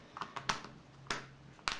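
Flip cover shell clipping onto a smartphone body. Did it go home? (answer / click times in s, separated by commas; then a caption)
partly / 0.5 s, 1.1 s, 1.7 s. An official faux-leather flip cover with a plastic shell is clipped onto an Acer Liquid Z520 smartphone in place of its back cover. A few soft taps lead to sharp snapping clicks at 0.5, 1.1 and 1.7 seconds. The cover is only partly clipped in: it sits badly and still needs pressing on the side so it clips in everywhere, rather than forcing it and breaking the small tab.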